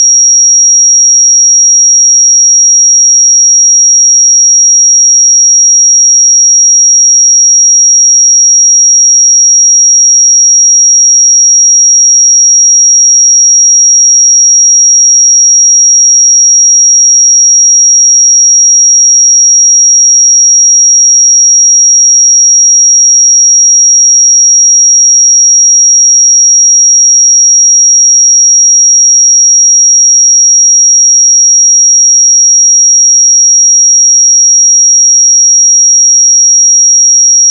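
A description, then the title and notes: A pure sine tone at 5657 Hz holds perfectly steady for the whole 38 seconds, a single thin, high, piercing whistle with no wavering in pitch or loudness. Nothing else is heard; the background is completely silent. 5657 Hz 1 Hz Interval Sine Pure Tone Frequency 441000 Sample Mono.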